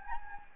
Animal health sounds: mosquito wingbeat signal from an infrared sensor; Anopheles gambiae

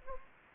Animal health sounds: mosquito wingbeat signal from an infrared sensor; Anopheles gambiae

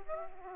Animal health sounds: mosquito wingbeat signal from an infrared sensor; Aedes aegypti

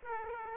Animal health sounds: mosquito wingbeat signal from an infrared sensor; Aedes aegypti

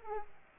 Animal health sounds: mosquito wingbeat signal from an infrared sensor; Aedes aegypti

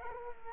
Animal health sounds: mosquito wingbeat signal from an infrared sensor; Culex quinquefasciatus

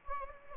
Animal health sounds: mosquito wingbeat signal from an infrared sensor; Anopheles gambiae

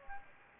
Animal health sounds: mosquito wingbeat signal from an infrared sensor; Anopheles gambiae

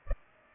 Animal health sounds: mosquito wingbeat signal from an infrared sensor; Culex pipiens

